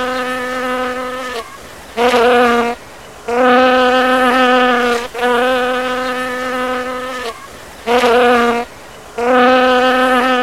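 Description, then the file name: Fly buzzing, a loud, steady, rich drone that starts and stops in bursts of varying length, with short quieter gaps between them. "zhuzhzhanie muhi"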